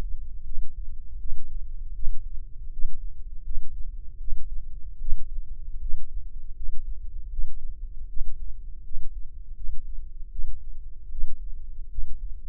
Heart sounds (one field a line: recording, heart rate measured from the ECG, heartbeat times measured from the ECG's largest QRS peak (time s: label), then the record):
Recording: heart sounds by microphone in the left ear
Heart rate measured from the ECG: 79 bpm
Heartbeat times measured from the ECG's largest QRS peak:
0.43 s: heartbeat
1.17 s: heartbeat
1.93 s: heartbeat
2.70 s: heartbeat
3.43 s: heartbeat
4.18 s: heartbeat
4.98 s: heartbeat
5.79 s: heartbeat
6.54 s: heartbeat
7.29 s: heartbeat
8.07 s: heartbeat
8.83 s: heartbeat
9.54 s: heartbeat
10.29 s: heartbeat
11.09 s: heartbeat
11.88 s: heartbeat
From the record:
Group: healthy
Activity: rest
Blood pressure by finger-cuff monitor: 137/85 mmHg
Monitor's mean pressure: 100 mmHg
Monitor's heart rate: 80 bpm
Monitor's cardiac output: 6.5 L/min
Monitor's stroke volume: 83 mL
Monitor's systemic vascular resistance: 1130 dyn s/cm5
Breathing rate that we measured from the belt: 20 breaths a minute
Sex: male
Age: 21 years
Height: 180 cm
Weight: 67.5 kg